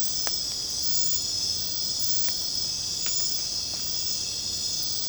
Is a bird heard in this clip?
no